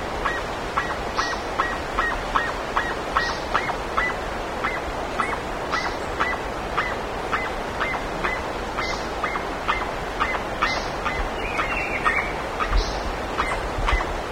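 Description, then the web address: Bird giving rapid, evenly spaced short notes throughout, joined by occasional higher sharp chirps and a brief warbling phrase, over constant background hiss. "BIRD 2015 SABIOD 50 bird 2015"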